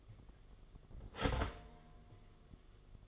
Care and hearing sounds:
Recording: daily activity, microphone in the room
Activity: start toaster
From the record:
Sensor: 4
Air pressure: 1015.5 hPa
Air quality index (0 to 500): 205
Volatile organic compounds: 11 ppm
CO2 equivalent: 2283 ppm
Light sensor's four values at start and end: 4/8/3/3 and 4/8/3/2

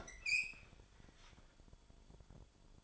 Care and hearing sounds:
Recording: daily activity, microphone in the room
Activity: open fridge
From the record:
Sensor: 5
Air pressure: 1007.9 hPa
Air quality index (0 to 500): 97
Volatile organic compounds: 1 ppm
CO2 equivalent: 759 ppm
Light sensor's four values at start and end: 39/90/38/39 and 42/96/40/41

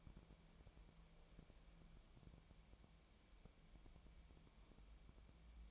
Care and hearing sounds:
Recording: daily activity, microphone in the room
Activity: wipe stove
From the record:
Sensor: 1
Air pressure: 1000.6 hPa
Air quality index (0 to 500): 184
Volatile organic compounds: 4 ppm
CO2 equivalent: 1700 ppm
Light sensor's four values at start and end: 12/28/12/14 and 12/28/12/14

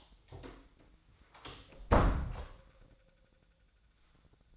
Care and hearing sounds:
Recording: daily activity, microphone in the room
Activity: close door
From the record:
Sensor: 3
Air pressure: 1009.2 hPa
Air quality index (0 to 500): 201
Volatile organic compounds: 4 ppm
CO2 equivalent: 1615 ppm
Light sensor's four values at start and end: 42/112/48/48 and 42/111/48/48

